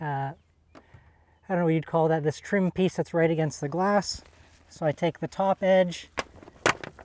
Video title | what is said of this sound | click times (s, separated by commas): Rear Window Cover Set Install | just kind of Clicks in place like that and then I just take my hands and kind of run it down | 6.8 s